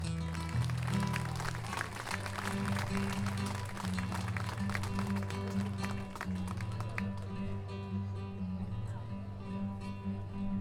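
Audience applause, a dense crackle of many hands clapping over a steady, humming musical beat, loud at first and thinning out toward the end.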